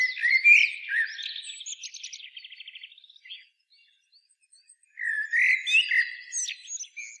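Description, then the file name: Common blackbird sings a warbled phrase ending in a rapid squeaky trill, pauses, then delivers another rich phrase with high twittering. "Turdus merula"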